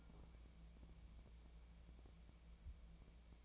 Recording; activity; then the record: daily activity, microphone in the room; take from stove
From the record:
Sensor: 1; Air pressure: 1000.0 hPa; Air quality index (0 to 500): 133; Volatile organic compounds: 2 ppm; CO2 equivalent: 1260 ppm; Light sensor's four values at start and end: 43/108/46/57 and 43/108/46/57